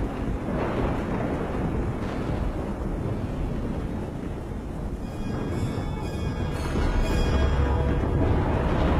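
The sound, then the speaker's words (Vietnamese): Heavy thunder rumbles through a storm of wind and rain as a green lightning bolt strikes the top of a pagoda, a dense low roar mixed with wind and rain noise that holds steady and swells louder toward the end, with no voices. “Từ trên bầu trời, giữa cơn mưa gió, một tia sét màu xanh lè giáng thẳng xuống ở trên chóp của ngôi chùa.”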